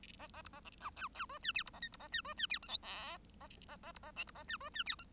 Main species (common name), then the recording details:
Bengalese Finch. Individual Bird1